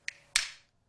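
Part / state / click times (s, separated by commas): film cutter blade swinging closed into a safety box cutter body / seated / 0.4 s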